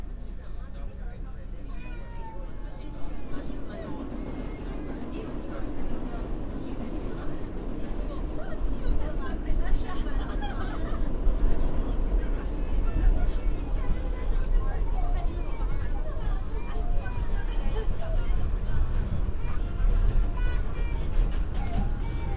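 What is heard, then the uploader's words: Inside a subway train moving downtown, a constant low rumble and rattle fill the car, growing slightly louder after the first few seconds. Voices talk throughout, with brief high squeals and chirps cutting through now and then. A binaural field recording on the downtown local 1 train, from Harlem 125th to 23rd Street.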